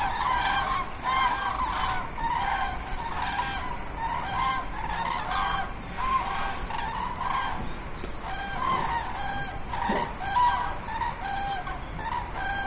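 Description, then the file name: Common cranes calling in a flock, many loud trumpeting, rolling honks overlapping continuously, with a steady rushing background noise. Migrating flock. "Kranichzug"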